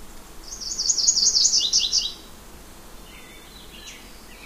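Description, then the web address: Yellow-rumped warbler song: one high, sweet trill of rapid notes lasting about a second and a half, dropping slightly at the end, then quiet. "Know Your Bird Sounds Common Western Species. Yellow-rumped Warbler"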